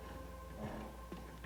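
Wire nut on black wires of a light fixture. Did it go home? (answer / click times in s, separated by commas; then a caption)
no / none. A wire nut is being twisted onto the black fixture wire and the black house wire of a light fixture. A steady low hum runs under soft handling rustles, with a brief louder scrape near 1.1 seconds and again at the end. Nothing has seated or clicked yet.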